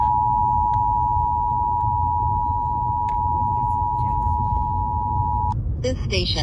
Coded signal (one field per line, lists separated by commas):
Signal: Emergency Alert System (SAME) tones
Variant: 853 and 960 Hz attention tone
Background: speech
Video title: EAS #651 IL RMT on WSHE